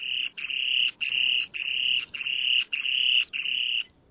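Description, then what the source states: Spoon-billed sandpiper song: high, buzzing trilled phrases repeated in a steady series, each about half a second long with brief breaks between. Song; one of the rarest birds on Earth; recorded in the far northeast of Russia, where as few as 100 pairs breed each summer.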